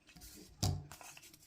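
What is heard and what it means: A plastic dart case lid is pressed closed into its clasp and snaps shut with a sharp, short click at 0.6 s, followed by a few faint softer taps. The clasp clicks in place and the case is seated shut.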